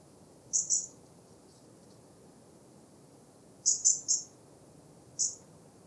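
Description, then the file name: European robin calling with thin, very high clipped notes, first a pair, then a quick run of three, then a single note, against faint background hiss. "Erithacus rubecula"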